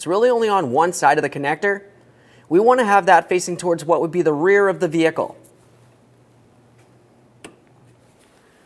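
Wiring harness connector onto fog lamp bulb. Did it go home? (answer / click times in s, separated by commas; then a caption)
yes / 7.4 s. A plastic wiring harness connector is pressed onto the base of a fog lamp bulb, held in hand, on a 2010-2013 Kia Forte Koup. Someone talks for the first five seconds. After a quiet pause, a sharp click at 7.4 seconds marks the connector seating onto the bulb.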